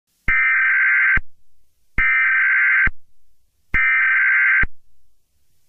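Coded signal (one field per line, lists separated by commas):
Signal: Emergency Alert System (SAME) tones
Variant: header bursts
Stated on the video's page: National Periodic Test heard on a television station.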